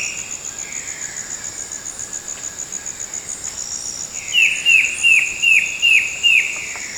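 Bird song: a faint slurred note early, then a run of six crisp descending notes near the end, with a continuous high-pitched insect buzz behind.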